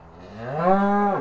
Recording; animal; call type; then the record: contact call of a hoofed animal; cattle; low-frequency (closed-mouth) or high-frequency (open-mouth) call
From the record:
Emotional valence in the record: negative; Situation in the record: full separation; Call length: 1.21 s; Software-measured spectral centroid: 990 Hz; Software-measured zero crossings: 1260 a second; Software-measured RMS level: -22 dBFS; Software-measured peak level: -6 dBFS